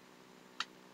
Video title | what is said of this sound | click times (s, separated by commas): Review 12 DOTM Voyager Sentinel Prime | and it does sort of Click into place | 0.6 s